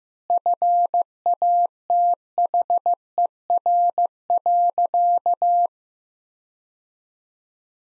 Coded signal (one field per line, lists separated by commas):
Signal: Morse code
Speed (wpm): 15 wpm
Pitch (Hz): 700 Hz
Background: none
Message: FATHER.